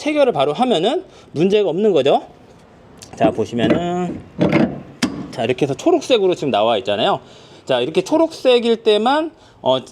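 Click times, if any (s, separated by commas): 5.0 s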